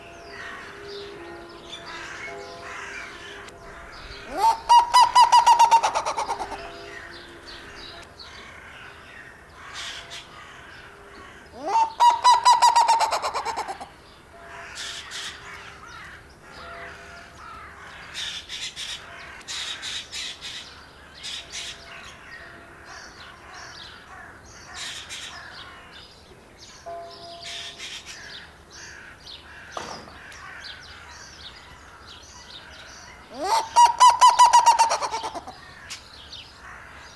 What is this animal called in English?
Black-legged Seriema